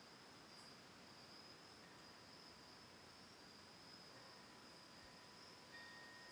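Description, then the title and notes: Crickets give a continuous high trill, a faint bell tone entering toward the end. Autumn night, Oct. 10th 2020, lakeside home in Ithaca, New York, by Cayuga Lake; a tolling windbell also present. "Autumn Night: Ithaca, New York. Recorded Oct. 10th 2020 from a lakeside home in Ithaca, New York. Sounds of crickets, birds and a single tolling windbell (Cosanti Bells)"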